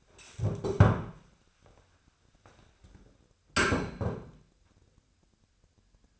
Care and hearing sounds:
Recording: daily activity, microphone in the room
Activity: stand up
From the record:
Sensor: 2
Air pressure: 1015.1 hPa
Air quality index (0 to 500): 163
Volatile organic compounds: 8 ppm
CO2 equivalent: 2118 ppm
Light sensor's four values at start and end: 12/32/12/14 and 10/29/11/13

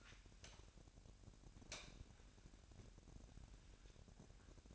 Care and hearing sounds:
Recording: daily activity, microphone in the room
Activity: light on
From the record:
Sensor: 2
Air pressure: 1011.8 hPa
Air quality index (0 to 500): 211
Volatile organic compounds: 3 ppm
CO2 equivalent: 1486 ppm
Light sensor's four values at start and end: 11/25/11/11 and 15/41/17/17

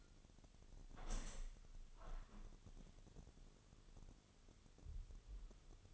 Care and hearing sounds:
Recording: daily activity, microphone in the room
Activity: open window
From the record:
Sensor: 4

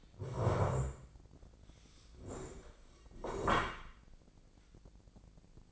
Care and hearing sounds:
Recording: daily activity, microphone in the room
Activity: stand up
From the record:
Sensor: 5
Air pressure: 1012.4 hPa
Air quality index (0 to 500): 148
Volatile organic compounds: 2 ppm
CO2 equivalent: 1024 ppm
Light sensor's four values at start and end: 273/654/279/311 and 272/652/278/310

